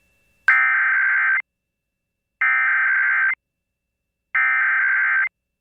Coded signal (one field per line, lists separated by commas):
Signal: Emergency Alert System (SAME) tones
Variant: header bursts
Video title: Virginia Required Monthly Test on WRVQ Richmond, VA (Q94) (8/1/22) (EAS #38)